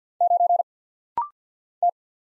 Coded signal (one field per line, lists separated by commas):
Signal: Morse code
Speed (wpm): 50 wpm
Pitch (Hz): 700 Hz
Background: none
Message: 9 T